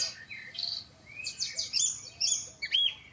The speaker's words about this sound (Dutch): Hé, hey, schoolekster. Ja, de schoolekster weer. Duidelijk, ja.